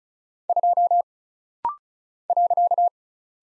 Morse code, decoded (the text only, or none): 2 .